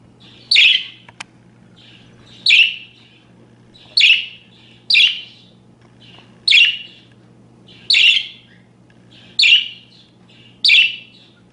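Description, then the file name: Parakeet calling with sharp, scratchy high chirps repeated roughly every one and a half seconds over a steady low hum. "suara-burung-parkit -omkicau"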